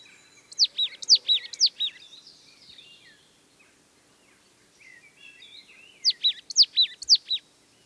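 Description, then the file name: Marsh tit calling in two bursts of sharp, downslurred notes, with softer twittering between. "Poecile palustris"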